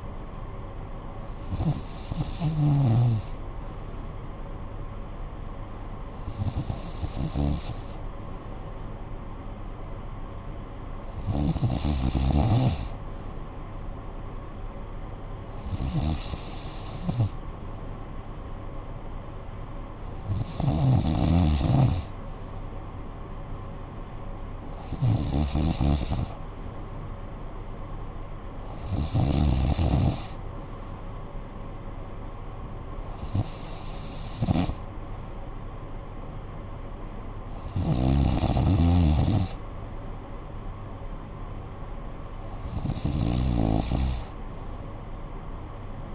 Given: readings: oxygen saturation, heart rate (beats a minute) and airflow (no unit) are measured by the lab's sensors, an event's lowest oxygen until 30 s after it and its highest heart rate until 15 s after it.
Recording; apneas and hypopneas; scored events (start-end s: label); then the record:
breathing in sleep by a smartphone at the bedside; none
none scored
From the record:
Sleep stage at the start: N2 (light sleep); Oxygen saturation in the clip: 93 to 94%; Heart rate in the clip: 54 to 62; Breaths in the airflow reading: 10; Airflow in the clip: -9.1 to 5.9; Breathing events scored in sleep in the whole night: 445 in 7.6 hours asleep